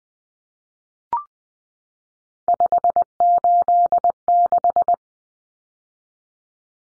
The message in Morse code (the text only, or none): 586